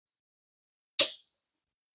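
A lithium battery's power connector is pushed together with the wiring connector of a chain-drive Jolly Dolly. A single sharp, bright click sounds at 1.0 s, briefly ringing out against otherwise silent surroundings. The connector halves seat fully.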